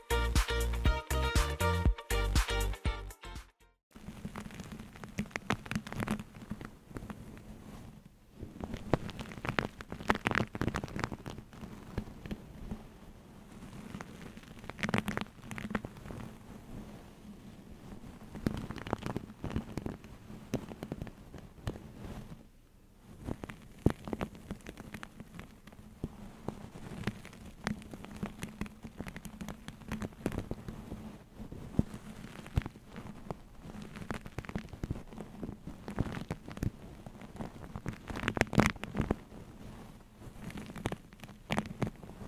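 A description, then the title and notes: Hair is handled, making dense, crackly rustling like light rain, with sharper scratchy strokes every second or two. A brief tonal sound opens the first few seconds before a short silence, and a faint low hum runs underneath. ASMR Hair Play for Sleep No Talking.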